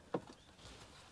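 A button is pressed on a Hongqi Guoya's centre armrest, and the removable rear-seat control screen pops out of its dock with a single sharp, short click at 0.1 s. After that, only faint, quiet background remains, leaving the screen released and free to hold.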